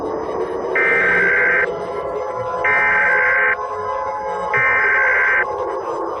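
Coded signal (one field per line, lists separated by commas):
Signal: Emergency Alert System (SAME) tones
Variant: header bursts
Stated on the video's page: Fictional alert scenario.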